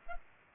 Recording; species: mosquito wingbeat signal from an infrared sensor; Culex pipiens